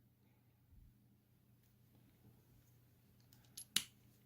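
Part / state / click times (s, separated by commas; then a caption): plastic lock pin in a shopping cart frame hole / seated / 3.8 s. After a washer is fitted, a plastic lock pin is pushed through the hole in the frame of a PrimeTrendz PT-5560 Jumbo Shopping Cart with Double Basket and Swivel Wheels. Faint rustling and a couple of small ticks lead up to a sharp snap at 3.8 s as the pin seats, locking it in place so it won't come out even when pulled.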